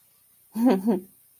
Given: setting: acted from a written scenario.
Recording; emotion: vocal sound without words; amusement